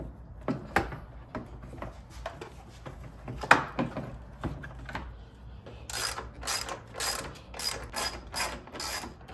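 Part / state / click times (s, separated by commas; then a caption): plastic front grille onto the vehicle front end / seated / 0.8 s, 3.5 s. A plastic front grille is pressed back onto a vehicle's front end by applying pressure around its edges, and it snaps into place with sharp clicks at 0.8 s and 3.5 s, the second the loudest. Softer knocks and taps follow, then from about 5.9 s a series of rhythmic, bright, ratchet-like bursts repeats to the end of the clip. The grille is seated.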